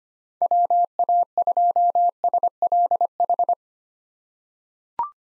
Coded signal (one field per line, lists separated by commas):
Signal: Morse code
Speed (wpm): 25 wpm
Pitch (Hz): 700 Hz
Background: none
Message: WA2SLH